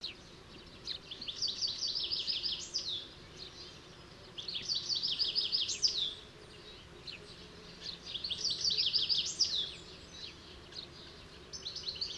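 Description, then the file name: European goldfinch giving high, rapid tinkling twitters in phrases of about one and a half seconds, repeated roughly every three to four seconds over a steady low hiss. "Carduelis carduelis"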